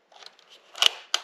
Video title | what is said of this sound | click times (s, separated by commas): R12HD Product Review & Frozen Fish Test | You hear a click. | 0.9 s, 1.1 s